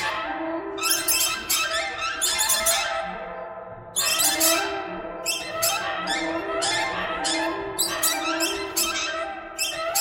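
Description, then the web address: Flock of birds calling together, rasping squawks layered with quick squeaky chirps, a fresh surge of calls midway and steady chatter to the end. "soundfactory birds"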